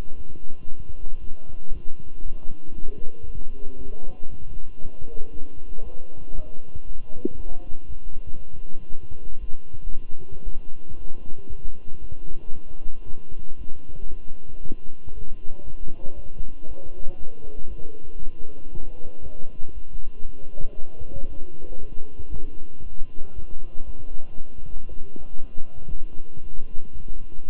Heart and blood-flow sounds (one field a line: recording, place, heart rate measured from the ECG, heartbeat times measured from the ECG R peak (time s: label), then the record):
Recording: heart sounds by stethoscope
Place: between the tricuspid and mitral areas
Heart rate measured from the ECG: 117 bpm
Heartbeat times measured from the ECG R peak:
0.16 s: heartbeat
0.68 s: heartbeat
1.20 s: heartbeat
1.72 s: heartbeat
2.24 s: heartbeat
2.75 s: heartbeat
3.26 s: heartbeat
3.77 s: heartbeat
4.29 s: heartbeat
4.81 s: heartbeat
5.32 s: heartbeat
5.83 s: heartbeat
6.34 s: heartbeat
6.85 s: heartbeat
7.36 s: heartbeat
7.86 s: heartbeat
8.38 s: heartbeat
8.89 s: heartbeat
9.40 s: heartbeat
9.91 s: heartbeat
10.44 s: heartbeat
10.97 s: heartbeat
11.49 s: heartbeat
12.00 s: heartbeat
12.52 s: heartbeat
13.05 s: heartbeat
13.57 s: heartbeat
14.09 s: heartbeat
14.61 s: heartbeat
15.13 s: heartbeat
15.64 s: heartbeat
16.15 s: heartbeat
16.67 s: heartbeat
17.18 s: heartbeat
17.68 s: heartbeat
18.19 s: heartbeat
18.71 s: heartbeat
19.22 s: heartbeat
19.73 s: heartbeat
20.25 s: heartbeat
20.76 s: heartbeat
21.28 s: heartbeat
21.79 s: heartbeat
22.30 s: heartbeat
22.82 s: heartbeat
23.34 s: heartbeat
23.85 s: heartbeat
24.37 s: heartbeat
24.88 s: heartbeat
25.40 s: heartbeat
25.91 s: heartbeat
26.42 s: heartbeat
26.93 s: heartbeat
27.45 s: heartbeat
From the record:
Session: walking at 3.7 km/h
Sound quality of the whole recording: good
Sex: male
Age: 23 years